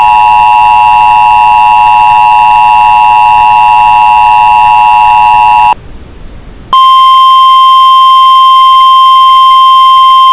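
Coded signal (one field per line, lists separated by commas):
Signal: Emergency Alert System (SAME) tones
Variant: 853 and 960 Hz attention tone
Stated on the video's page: Fictional California earthquake EAS scenario as it would sound on radio, with valid tones.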